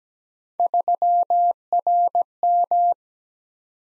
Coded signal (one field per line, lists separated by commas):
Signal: Morse code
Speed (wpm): 17 wpm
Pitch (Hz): 700 Hz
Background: none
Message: 3RM